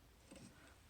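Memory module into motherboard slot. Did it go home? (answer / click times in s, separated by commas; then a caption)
yes / 0.3 s. A DDR4 memory stick is pushed down into a motherboard DIMM slot until the plastic retention tabs click shut. Over a low, steady background hum, a short, soft click lands at 0.3 s and fades within about 0.2 s. The module is seated in the slot.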